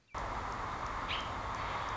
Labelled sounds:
American Robin (Turdus migratorius)
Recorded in Sonoma County, California

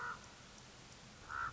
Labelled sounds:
Common Raven (Corvus corax)
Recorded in Sonoma County, California

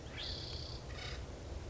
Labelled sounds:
Acorn Woodpecker (Melanerpes formicivorus)
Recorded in Sonoma County, California

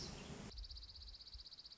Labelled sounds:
Dark-eyed Junco (Junco hyemalis)
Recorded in Sonoma County, California

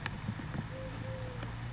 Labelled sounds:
Eurasian Collared Dove (Streptopelia decaocto)
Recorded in Sonoma County, California

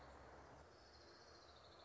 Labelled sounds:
Orange-crowned Warbler (Leiothlypis celata)
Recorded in Sonoma County, California

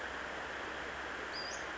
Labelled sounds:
Western Flycatcher (Empidonax difficilis)
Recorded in Sonoma County, California

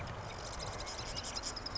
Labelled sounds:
Marsh Wren (Cistothorus palustris)
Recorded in Sonoma County, California

